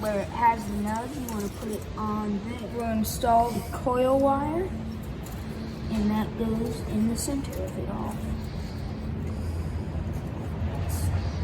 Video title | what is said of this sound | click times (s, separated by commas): time for a tune-up what's the points? - E5 | there's no click is there okay | none